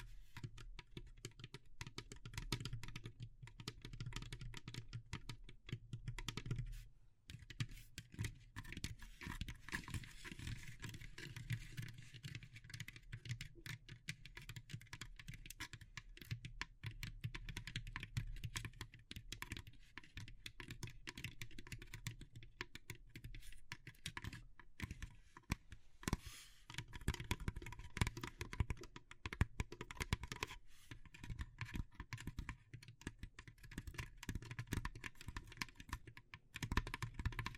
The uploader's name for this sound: Natural Triggers Wood, Bamboo and Straw